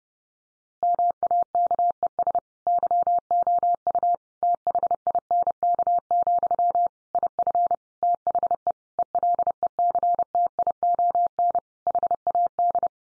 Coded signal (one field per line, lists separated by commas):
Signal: Morse code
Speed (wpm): 30 wpm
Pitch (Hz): 700 Hz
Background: none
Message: MAKES YOU THINK, IF THE ELECTION HAD